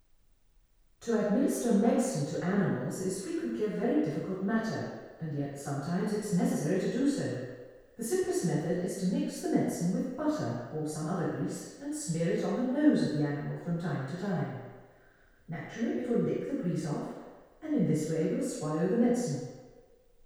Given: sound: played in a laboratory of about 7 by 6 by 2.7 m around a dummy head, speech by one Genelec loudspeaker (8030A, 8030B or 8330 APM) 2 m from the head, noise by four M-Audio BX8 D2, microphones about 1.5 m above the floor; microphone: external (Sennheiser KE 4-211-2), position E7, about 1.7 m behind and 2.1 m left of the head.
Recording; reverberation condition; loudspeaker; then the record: female speech in English; high; 60 degrees to the left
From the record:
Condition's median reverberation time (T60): about 1300 ms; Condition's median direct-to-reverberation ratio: about -4.0 dB